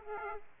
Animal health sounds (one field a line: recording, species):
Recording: mosquito wingbeat signal from an infrared sensor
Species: Aedes aegypti